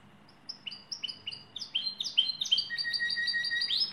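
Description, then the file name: Lizard canary song beginning with spaced downslurred chirps, quickening into rapid trills over a long steady whistle, with a faint low hum beneath. "canto do canario lizard"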